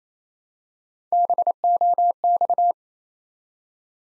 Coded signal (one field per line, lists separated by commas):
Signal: Morse code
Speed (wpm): 27 wpm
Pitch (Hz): 700 Hz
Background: none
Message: BOX